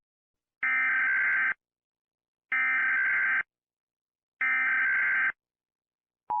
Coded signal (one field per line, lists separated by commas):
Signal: Emergency Alert System (SAME) tones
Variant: header bursts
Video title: EAS scenario - the creature